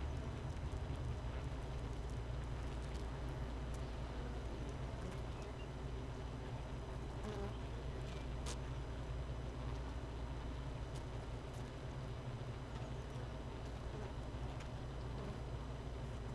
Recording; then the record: honeybee colony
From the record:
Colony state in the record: missing queen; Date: 31 May 2018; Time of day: 13:49